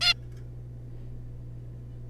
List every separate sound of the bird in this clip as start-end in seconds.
0.01-0.14